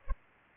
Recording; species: mosquito wingbeat signal from an infrared sensor; Culex pipiens